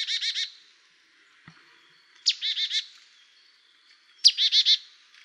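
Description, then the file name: Marsh tit calls: three series of buzzy 'dee' notes, the last two each opened by a sharp high note, with a soft click in between. "Poecile palustris"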